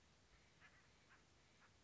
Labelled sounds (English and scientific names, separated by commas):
Acorn Woodpecker (Melanerpes formicivorus)